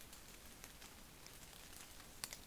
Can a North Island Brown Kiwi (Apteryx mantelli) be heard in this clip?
no